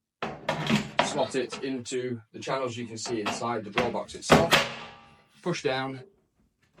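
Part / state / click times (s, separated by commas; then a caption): drawer front into wardrobe drawer box channels / not seated / none. A drawer front's lower fitting is slotted into the channels inside an upright wardrobe drawer box while someone talks almost continuously, with a brief pause near the end. The front has not yet been pushed down to snap into place, so nothing has seated or clicked yet.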